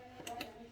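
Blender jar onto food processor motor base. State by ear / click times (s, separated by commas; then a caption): seated / 0.3 s, 0.4 s. A blender jar is set on a food processor motor base with its arrow lined up, then rotated until it twist-locks into place. Two short tick-like clicks are heard at 0.3 s and 0.4 s over a quiet background hum, and the jar is seated.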